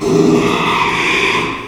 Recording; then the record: squeal of a Yucatan mini pig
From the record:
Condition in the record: after surgery on the right vocal fold (resection and tissue-engineered implant); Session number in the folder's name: 1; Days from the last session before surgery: 6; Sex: male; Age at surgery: 12 weeks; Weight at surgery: 13 kg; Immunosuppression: cyclosporine, prednisolone